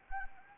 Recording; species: mosquito wingbeat signal from an infrared sensor; Anopheles arabiensis